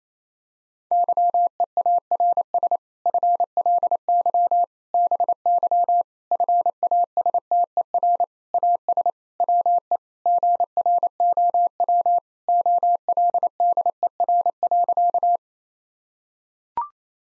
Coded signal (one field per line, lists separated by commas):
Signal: Morse code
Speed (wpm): 28 wpm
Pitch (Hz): 700 Hz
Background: none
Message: YEARS FLY BY FASTER AS WE GROW OLDER.